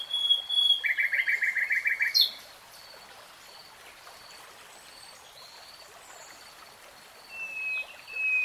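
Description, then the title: Nightingale song: a pure whistle, then a rapid even rattle of repeated notes for over a second, a long quiet gap, and thin whistles near the end. Nightingale singing in real time. "[Tiếng chim hót] 3 Hours REALTIME Nightingale Singing"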